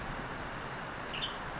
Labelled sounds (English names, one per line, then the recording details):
Western Tanager
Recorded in Sonoma County, California